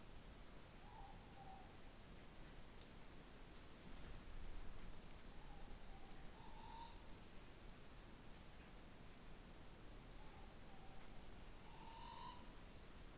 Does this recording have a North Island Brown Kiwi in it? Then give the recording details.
no. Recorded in New Zealand on 16 November 2013. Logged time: 22:29. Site BS16